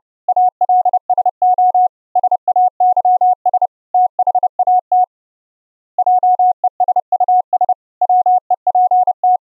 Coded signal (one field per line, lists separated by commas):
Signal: Morse code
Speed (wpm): 29 wpm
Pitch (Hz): 730 Hz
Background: none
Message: ALSO SAYS THAT JESUS WEPT